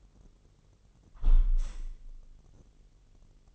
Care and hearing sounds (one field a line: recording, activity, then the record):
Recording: daily activity, microphone in the room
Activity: close window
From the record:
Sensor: 4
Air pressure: 999.3 hPa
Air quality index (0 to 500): 140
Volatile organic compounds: 3 ppm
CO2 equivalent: 1383 ppm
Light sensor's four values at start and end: 31/77/32/35 and 31/77/32/35